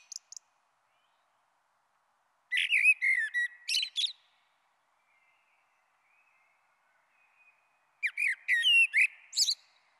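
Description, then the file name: Common blackbird song: two rich, fluty whistled phrases, each sliding down and then breaking into a squeaky, twittering ending, separated by about four seconds of quiet. "Merle Noir"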